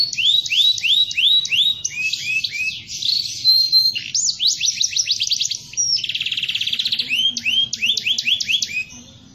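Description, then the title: Canary singing a varied song of repeated down-slurred whistles, a steady high trill near the middle, then quick rattling rolls and more slurred notes. Canary singing in a lively, persistent style (gacor ngotot) with long rolled trills (roll panjang). "Kenari Manasaja"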